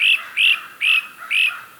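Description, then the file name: Great crested flycatcher calling: four short, arched, whistled notes repeated about every half second, each rising and falling sharply. "Myiarchus crinitus - Great Crested Flycatcher"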